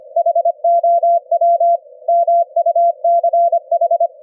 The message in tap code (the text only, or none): none